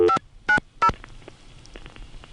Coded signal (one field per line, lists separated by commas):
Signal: DTMF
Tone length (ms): 90 ms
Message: 590